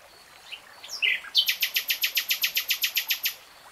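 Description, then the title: Nightingale song phrase: brief varied notes, then a loud run of many evenly spaced repeated notes. Nightingale singing in real time. "[Tiếng chim hót] 3 Hours REALTIME Nightingale Singing"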